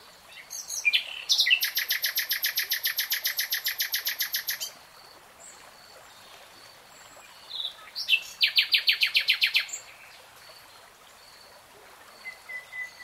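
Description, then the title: Nightingale song with a long, fast, machine-gun-like rattle lasting about three seconds, a pause, a second shorter rattle, and a faint thin whistle afterward. Nightingale singing in real time. "[Tiếng chim hót] 3 Hours REALTIME Nightingale Singing"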